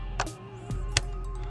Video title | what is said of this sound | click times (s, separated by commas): JLT 3.0 oil separator install and maintenance on the 2018 Mustang GT | should just snap into place | 1.0 s